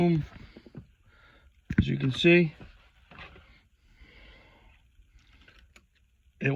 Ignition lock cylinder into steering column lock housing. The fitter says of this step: went right in locked into place